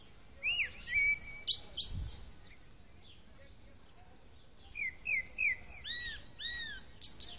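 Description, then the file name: Common blackbird singing two phrases, near the start and the end, of mellow slurred whistles and a few high squeaky notes. "Turdus merula"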